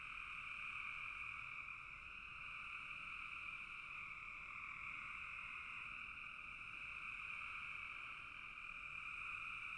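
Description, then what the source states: Frogs in full chorus, a continuous shrill buzzing drone of many overlapping callers that holds steady from start to end. Frogs in a bog.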